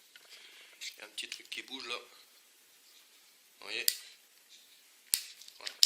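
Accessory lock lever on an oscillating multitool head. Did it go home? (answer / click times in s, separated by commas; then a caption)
yes / 5.8 s. Someone talks while operating the accessory lock lever on a Parkside oscillating multitool head, with a sharp transient at 5.1 seconds. The lever then snaps shut with a sharp click at 5.8 seconds, and the accessory is locked in place.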